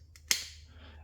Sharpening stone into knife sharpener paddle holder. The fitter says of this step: pull it back till it clicks